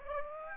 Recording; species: mosquito wingbeat signal from an infrared sensor; Aedes aegypti